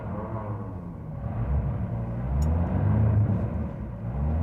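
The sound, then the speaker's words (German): A car engine stalls and struggles to start, giving a low, rough rumble that swells and sags unevenly for several seconds with no voices; the engine is getting too much air. “Den ganzen Morgen lief er wie ein geölter Blitz und jetzt streikt er.”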